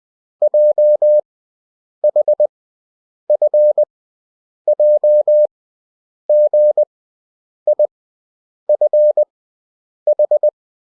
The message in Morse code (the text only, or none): J H F J G I F H